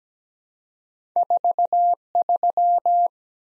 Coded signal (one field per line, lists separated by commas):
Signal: Morse code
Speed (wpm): 17 wpm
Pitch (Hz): 700 Hz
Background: none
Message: 43